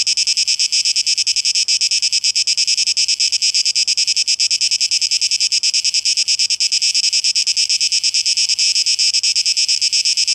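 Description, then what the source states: Cicada chorus: continuous shrill buzz throbbing in quick pulses, unbroken for the whole stretch. Cicadas, plural, 12 August 2023; tape echo mix.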